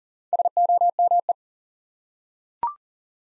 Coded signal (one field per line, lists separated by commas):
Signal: Morse code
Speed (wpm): 37 wpm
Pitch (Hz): 700 Hz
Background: none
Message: SOME